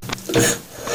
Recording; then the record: coughing mixed with background sound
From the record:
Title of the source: Cough Around the Clock!